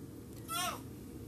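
A newborn girl, only a few weeks old, grunts briefly after sneezing, something she does every time she sneezes.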